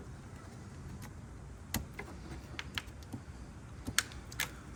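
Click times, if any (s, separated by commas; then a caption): 4.0 s. A coolant hose quick-connector is pushed onto the new plastic coolant bleed valve of a Panamera's cooling system. Several small handling clicks and taps come first, then a sharp, loud click at 4.0 s as the connector snaps into place and seats.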